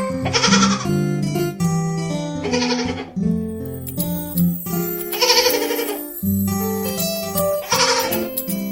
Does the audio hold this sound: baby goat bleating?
yes